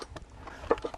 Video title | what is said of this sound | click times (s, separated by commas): Lewis Winch Ground Anchor pulls Polaris off road ATV up steep hill | and that slides forward, locks into place. | 0.7 s